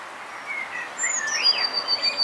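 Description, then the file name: Eurasian blue tit call, a long thin high whistle sliding slightly downward, with softer chirping notes below it. "Cyanistes caeruleus"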